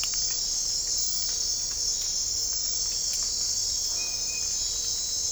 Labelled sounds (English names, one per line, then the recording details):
none
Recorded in dense forest near Puerto Asís, Putumayo, Colombia, on 20 December 2024 at 04:00
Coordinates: 0.499, -76.324
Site G045